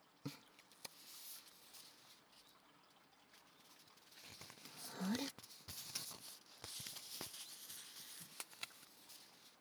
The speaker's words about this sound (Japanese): 紙とこのティーバッグの素材の音、いい音ですよね。